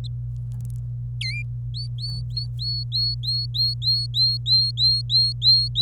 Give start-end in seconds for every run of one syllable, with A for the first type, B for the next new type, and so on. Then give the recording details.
1.21-1.42 A, 1.74-5.82 B. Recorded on 26 April 2018 at 07:25. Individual llb3